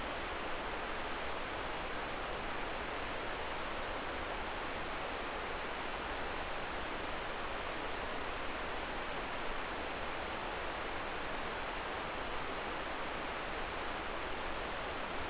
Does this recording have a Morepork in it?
no